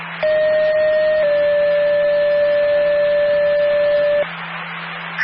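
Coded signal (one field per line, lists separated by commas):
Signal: two-tone page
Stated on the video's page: Structure fire dispatch tones for Vermont cities, taken from Broadcastify scanner audio.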